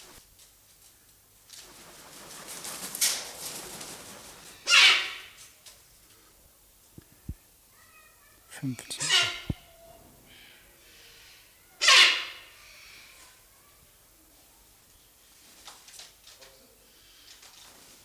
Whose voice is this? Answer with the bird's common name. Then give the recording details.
Silvery-cheeked Hornbill. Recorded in captivity. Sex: female. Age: adult. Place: Zoo Berlin, Berlin, DE. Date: 2008-09-14 15:00. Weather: bedeckt, ca. 14°C. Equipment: Sony WM-D6C, Sennheiser ME 80, Kopie Uher 4000 Report Monitor. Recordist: Tembrock, Günter